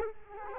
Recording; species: mosquito wingbeat signal from an infrared sensor; Culex quinquefasciatus